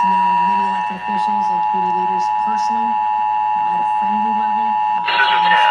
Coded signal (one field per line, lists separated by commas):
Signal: Emergency Alert System (SAME) tones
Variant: 853 and 960 Hz attention tone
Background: speech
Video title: NATIONAL EAS TEST (EAS #112 - #114)